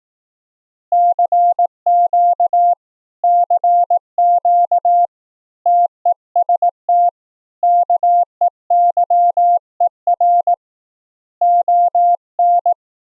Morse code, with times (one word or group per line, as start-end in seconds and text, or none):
0.9-2.7 CQ
3.2-5.1 CQ
5.7-7.1 TEST
7.6-10.5 KEYER
11.4-12.7 ON